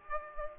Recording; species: mosquito wingbeat signal from an infrared sensor; Aedes aegypti